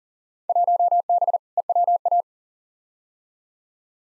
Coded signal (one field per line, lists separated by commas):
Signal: Morse code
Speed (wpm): 40 wpm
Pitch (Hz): 700 Hz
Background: none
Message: 1B EWA